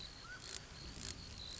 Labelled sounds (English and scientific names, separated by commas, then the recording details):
Mountain Quail (Oreortyx pictus)
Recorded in Sonoma County, California